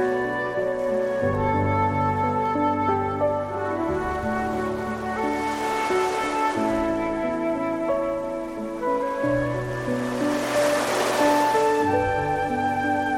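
Sustained low piano-like chords shift every two to three seconds beneath a clear, bright melodic line of held notes. Around six and eleven seconds, soft washes of hiss swell and fade like waves rolling in. The overall level stays steady and full throughout.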